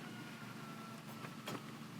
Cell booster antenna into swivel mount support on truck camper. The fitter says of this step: clicks right into place and holds the antenna and keeps it from bouncing this way.